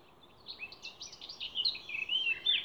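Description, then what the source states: Songbird song: a quick sequence of high chirps and slurred whistled notes growing louder toward the end, over low background noise. Songbird songs recorded 29 April 2020 in scrubland at Ježdovec, by the lake at Rakitje, and in Stupnik forest.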